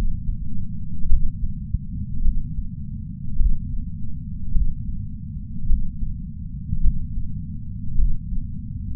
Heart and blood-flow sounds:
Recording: heart sounds by patch sensor on the chest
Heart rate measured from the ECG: 52 bpm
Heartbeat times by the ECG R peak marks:
1.06 s: heartbeat
2.20 s: heartbeat
3.35 s: heartbeat
4.50 s: heartbeat
5.65 s: heartbeat
6.79 s: heartbeat
7.94 s: heartbeat
From the record:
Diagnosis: coronary artery disease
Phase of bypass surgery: intraoperative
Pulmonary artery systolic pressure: 17 mmHg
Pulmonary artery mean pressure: 9 mmHg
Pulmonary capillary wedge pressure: 2 mmHg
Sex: male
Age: 71 years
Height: 162 cm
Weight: 75 kg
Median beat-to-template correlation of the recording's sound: 0.89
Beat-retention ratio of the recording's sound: 0.98

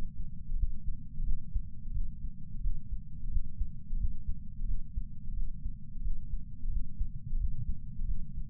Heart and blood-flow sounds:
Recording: heart sounds by patch sensor on the chest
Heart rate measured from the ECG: 88 bpm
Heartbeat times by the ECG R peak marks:
0.56 s: heartbeat
1.24 s: heartbeat
1.92 s: heartbeat
2.61 s: heartbeat
3.29 s: heartbeat
3.97 s: heartbeat
4.65 s: heartbeat
5.34 s: heartbeat
6.02 s: heartbeat
6.69 s: heartbeat
7.37 s: heartbeat
8.05 s: heartbeat
From the record:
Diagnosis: coronary artery disease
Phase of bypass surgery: postoperative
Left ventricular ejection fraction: 48.9%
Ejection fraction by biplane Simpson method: 50.6%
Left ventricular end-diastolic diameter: 48 mm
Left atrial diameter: 31 mm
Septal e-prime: 7.6 cm/s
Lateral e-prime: 9.6 cm/s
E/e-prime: 6.6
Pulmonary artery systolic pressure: 23 mmHg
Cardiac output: 5.5 L/min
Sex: male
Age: 60 years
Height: 174 cm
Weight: 72 kg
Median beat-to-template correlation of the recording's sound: 0.83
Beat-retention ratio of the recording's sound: 0.99

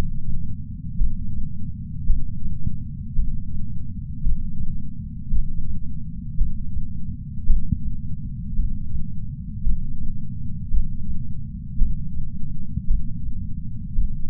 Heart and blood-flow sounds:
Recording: heart sounds by patch sensor on the chest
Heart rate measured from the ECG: 56 bpm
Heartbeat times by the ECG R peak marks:
0.98 s: heartbeat
2.06 s: heartbeat
3.15 s: heartbeat
4.23 s: heartbeat
5.30 s: heartbeat
6.37 s: heartbeat
7.46 s: heartbeat
8.55 s: heartbeat
9.63 s: heartbeat
10.70 s: heartbeat
11.78 s: heartbeat
12.87 s: heartbeat
13.95 s: heartbeat
From the record:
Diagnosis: coronary artery disease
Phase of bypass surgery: intraoperative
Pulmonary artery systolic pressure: 30 mmHg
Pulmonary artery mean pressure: 21 mmHg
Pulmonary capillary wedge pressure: 19 mmHg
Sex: male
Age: 57 years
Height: 183 cm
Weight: 85 kg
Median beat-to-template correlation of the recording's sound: 0.88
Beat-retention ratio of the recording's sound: 1.00

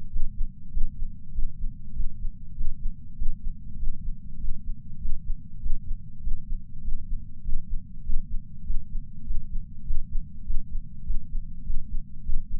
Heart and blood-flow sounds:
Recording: heart sounds by patch sensor on the chest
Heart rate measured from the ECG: 99 bpm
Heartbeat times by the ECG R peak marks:
0.09 s: heartbeat
0.70 s: heartbeat
1.31 s: heartbeat
1.92 s: heartbeat
2.54 s: heartbeat
3.15 s: heartbeat
3.76 s: heartbeat
4.37 s: heartbeat
4.98 s: heartbeat
5.59 s: heartbeat
6.20 s: heartbeat
6.81 s: heartbeat
7.42 s: heartbeat
8.02 s: heartbeat
8.63 s: heartbeat
9.23 s: heartbeat
9.83 s: heartbeat
10.43 s: heartbeat
11.03 s: heartbeat
11.63 s: heartbeat
12.22 s: heartbeat
From the record:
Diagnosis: coronary artery disease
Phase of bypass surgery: preoperative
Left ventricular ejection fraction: 69.2%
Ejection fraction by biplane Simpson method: 67.6%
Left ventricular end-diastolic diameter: 44 mm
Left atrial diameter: 34 mm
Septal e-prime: 8.5 cm/s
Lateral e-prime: 9.7 cm/s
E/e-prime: 11.5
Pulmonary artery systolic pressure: 27 mmHg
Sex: male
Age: 74 years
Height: 168 cm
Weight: 55 kg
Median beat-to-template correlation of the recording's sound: 0.94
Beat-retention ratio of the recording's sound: 0.99

